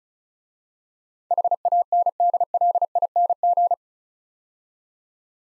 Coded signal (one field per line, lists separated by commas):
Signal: Morse code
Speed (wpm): 36 wpm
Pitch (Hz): 700 Hz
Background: none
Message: HANDLING